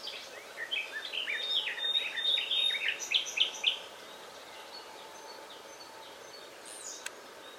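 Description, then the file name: Common nightingale song: a varied run of quick chirps and sharp piping notes over about four seconds, then quiet with a faint click. "Luscinia megarhynchos"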